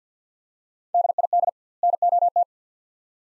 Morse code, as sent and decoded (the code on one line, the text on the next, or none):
-.. .. -.. / -. --- -
DID NOT